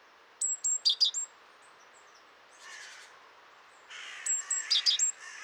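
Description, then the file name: Great tit calls: high thin whistled notes followed by rapid buzzy chattering, a softer rasp midway, then another burst of thin notes and chatter. "Parus major"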